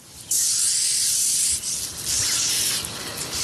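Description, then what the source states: Canada goose hissing: long, airy, rasping hisses, broad and breathy, with short breaks between them. Hissing; common in city parks and golf courses; replayed as an example in a quiz recap.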